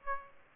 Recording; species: mosquito wingbeat signal from an infrared sensor; Aedes aegypti